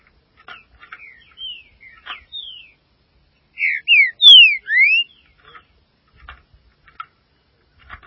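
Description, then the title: Green-winged saltator song: a loud burst of four rich, slurred whistles, some rising and some falling, with softer scratchy chips before and after. "Trinca Ferro"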